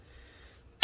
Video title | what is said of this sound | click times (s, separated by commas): Lenovo ThinkBook 15 G2ITL Disassembly RAM SSD Hard Drive Upgrade CMOS RTC Battery Replacement Repair | okay and there we go you can see we got all that popped out then we're gonna carefully close this back up | 0.8 s